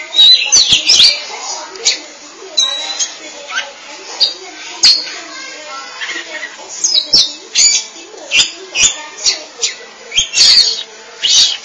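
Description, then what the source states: Oriental magpie-robin song, loud scratchy and whistled notes mixed with many sharp clicks and snaps, delivered in uneven bursts. Chirping song (kicauan) of the bird.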